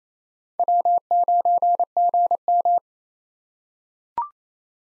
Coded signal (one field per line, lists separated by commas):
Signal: Morse code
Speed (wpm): 28 wpm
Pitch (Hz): 700 Hz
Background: none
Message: W9GM